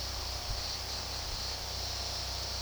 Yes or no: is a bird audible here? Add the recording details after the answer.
no. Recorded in pastures near Puerto Asís, Putumayo, Colombia, on 21 February 2024 at 13:30. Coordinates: 0.486, -76.323. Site G6462